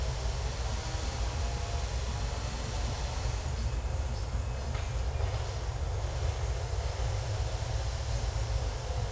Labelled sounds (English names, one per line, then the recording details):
none
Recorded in secondary vegetation near Puerto Asís, Putumayo, Colombia, on 18 December 2024 at 10:00
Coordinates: 0.468, -76.324
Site G095